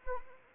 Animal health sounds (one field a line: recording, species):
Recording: mosquito wingbeat signal from an infrared sensor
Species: Anopheles arabiensis